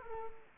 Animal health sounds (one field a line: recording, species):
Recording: mosquito wingbeat signal from an infrared sensor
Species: Culex quinquefasciatus